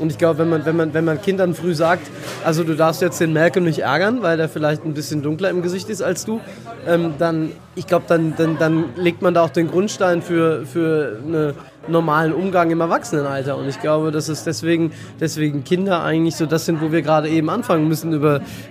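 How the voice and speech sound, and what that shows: Fluent German speech from an adult man with Tourette syndrome, with repeated words and phrases ('wenn man, wenn man', 'dann, dann, dann', 'deswegen, deswegen') typical of his tics; tics began around age 6.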